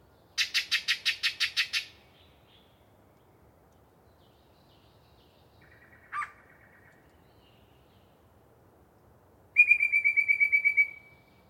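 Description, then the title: Yellow-breasted chat singing, a fast harsh chatter of about eight notes, a lone short call, then a quick series of clear whistled notes on one pitch. Pre-dawn, a particularly chatty bird giving a long soliloquy from deciduous cover. "A Very Chatty Yellow-breasted Chat"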